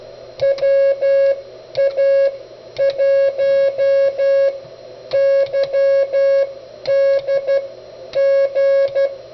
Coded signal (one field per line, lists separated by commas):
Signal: Morse code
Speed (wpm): 12 wpm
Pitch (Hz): 1650 Hz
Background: music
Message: WA1YDG